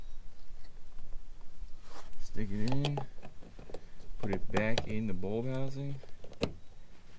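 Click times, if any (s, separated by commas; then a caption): 6.4 s. An LED bulb socket is put back into the plastic bulb housing of a truck's side marker or cargo light and turned to the right while someone talks. A sharp click at 6.4 seconds marks the socket twisting and seating in the housing.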